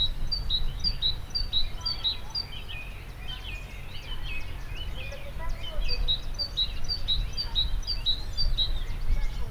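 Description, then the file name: Great tit: quick repeated high two-note phrases in two bursts, with softer chattering bird notes between, all over heavy low-pitched noise. "Parus major"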